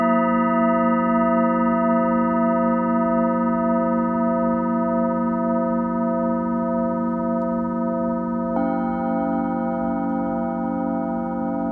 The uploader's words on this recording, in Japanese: チベタンシンギングボウルの子守唄。日本の真夜中に合わせていつもよりそっとそっと叩きました。